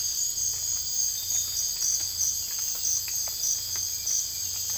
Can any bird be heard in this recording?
no